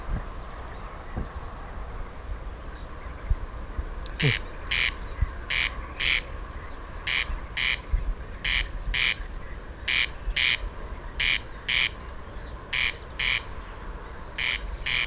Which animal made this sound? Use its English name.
Corn Crake